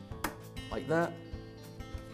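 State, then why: Seated. A plastic brush cap is turned backwards, in the loosening direction, over the carbon brush in the brush holder of a Skil circular saw motor until the thread start drops in, which avoids cross threading. A sharp click at 0.3 s marks the cap thread seating into place. Someone talks over faint background music.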